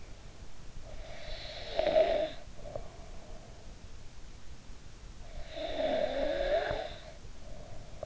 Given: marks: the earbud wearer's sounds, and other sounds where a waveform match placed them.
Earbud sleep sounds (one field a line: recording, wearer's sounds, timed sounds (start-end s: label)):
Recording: sounds in sleep by an in-ear microphone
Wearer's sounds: snoring breath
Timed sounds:
0.96-3.57 s: snoring breath
5.32-8.06 s: snoring breath